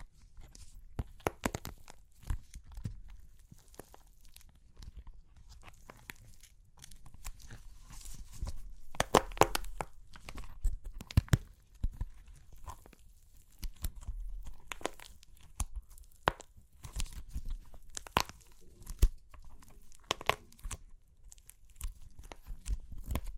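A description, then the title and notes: Dry clay cracks and crunches in irregular bursts of brittle snaps, with a dense cluster around nine to eleven seconds. Super Crunchy Clay Cracking (No Talking).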